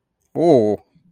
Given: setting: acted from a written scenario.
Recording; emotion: vocal sound without words; positive surprise